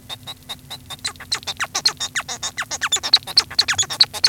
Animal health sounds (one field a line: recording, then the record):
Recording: song of a male Bengalese finch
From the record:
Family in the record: son of father 1